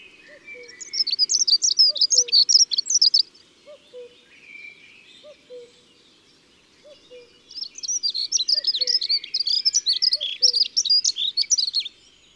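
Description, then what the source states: Dunnock song: two rapid, high, jumbled warbling phrases separated by a pause, with soft low notes repeating beneath. Recorded 11 April.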